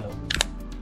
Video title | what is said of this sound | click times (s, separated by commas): Thule Step Repair | on so that's clicked back in nicely and i'm gonna | 0.3 s, 0.4 s